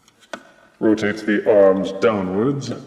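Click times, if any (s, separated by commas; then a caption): 0.3 s. A plastic robot fist module on a toy action figure is rotated out of the vehicle body until it snaps into place, giving a sharp, short click at 0.3 s after a faint tap. The fist is then seated, and someone talks right after.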